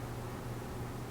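Plastic socket inserts for the back plate of a Corsair Hydro Series H50 CPU cooler are handled in line with the 1366-labeled holes, ready to be pushed in until fully locked. Only a steady broadband hiss with a low hum is heard, with no sharp transients. Nothing has seated or clicked yet.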